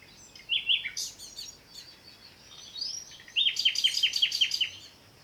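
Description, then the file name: Common nightingale song with a brief whistled note, a soft rising sweep, then a fast series of loud repeated chirping notes. "Luscinia megarhynchos"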